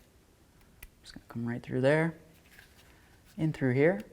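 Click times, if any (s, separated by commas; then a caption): none. The blue wire's pin terminal is being guided toward the outer bottom slot of the plastic connector housing of a 4WD actuator on a 2007-2017 Ford Expedition. Someone talks over quiet handling noise, with a brief faint tick near 0.8 seconds. Nothing has seated or clicked yet.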